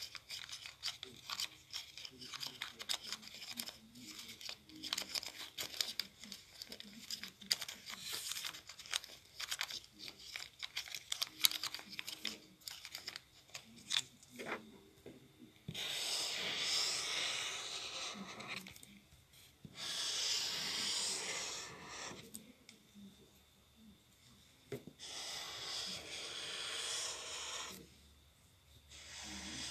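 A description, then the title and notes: Someone draws a picture. For the first fifteen seconds quick, scratchy strokes tap and scrape in uneven bursts; after that come long, bright, hissing passes of shading, a few seconds each, separated by brief pauses. Here is just me drawing a picture!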